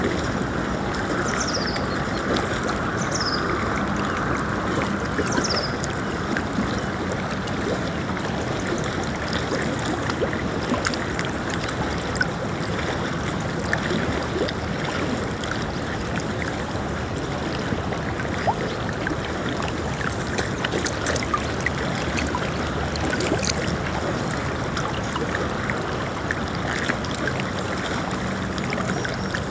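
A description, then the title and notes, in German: Small waves lap steadily against a shore or wall, making a dense, even wash of water with no big breakers. Early on, a few short, high bird chirps sound, and scattered light splashes and clicks appear around the twenty-second mark. Meereswellen und -rauschen am Grossen Meer. Kleinen Wellen, die auf den Strand laufen oder gegen eine Spundwand schlagen. Es gluggert, es plätschert, ich höre das Wasser durch die Steine hindurchlaufen.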